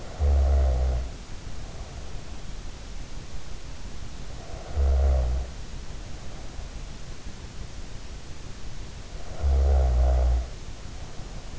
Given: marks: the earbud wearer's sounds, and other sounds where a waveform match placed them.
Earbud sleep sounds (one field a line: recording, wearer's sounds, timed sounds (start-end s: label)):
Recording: sounds in sleep by an in-ear microphone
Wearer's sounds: snoring breath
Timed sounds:
0.00-2.21 s: snoring breath
4.48-6.61 s: snoring breath
9.40-11.58 s: snoring breath